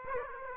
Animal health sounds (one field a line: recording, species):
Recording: mosquito wingbeat signal from an infrared sensor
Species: Aedes aegypti